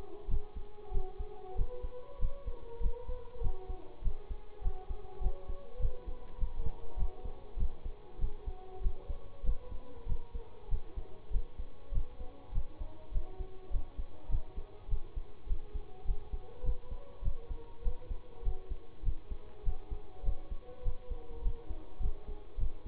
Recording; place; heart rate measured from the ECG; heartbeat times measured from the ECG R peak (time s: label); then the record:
heart sounds by stethoscope; between the tricuspid and mitral areas; 100 bpm
0.28 s: heartbeat
0.91 s: heartbeat
1.55 s: heartbeat
2.19 s: heartbeat
2.80 s: heartbeat
3.41 s: heartbeat
4.02 s: heartbeat
4.61 s: heartbeat
5.20 s: heartbeat
5.79 s: heartbeat
6.38 s: heartbeat
6.96 s: heartbeat
7.57 s: heartbeat
8.18 s: heartbeat
8.81 s: heartbeat
9.43 s: heartbeat
10.06 s: heartbeat
10.68 s: heartbeat
11.30 s: heartbeat
11.92 s: heartbeat
12.52 s: heartbeat
13.11 s: heartbeat
13.70 s: heartbeat
14.29 s: heartbeat
14.88 s: heartbeat
15.46 s: heartbeat
16.05 s: heartbeat
16.63 s: heartbeat
17.22 s: heartbeat
17.82 s: heartbeat
18.42 s: heartbeat
19.02 s: heartbeat
19.63 s: heartbeat
20.23 s: heartbeat
20.82 s: heartbeat
21.41 s: heartbeat
22.00 s: heartbeat
22.57 s: heartbeat
From the record:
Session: bicycle stress test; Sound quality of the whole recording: good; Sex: male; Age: 26 years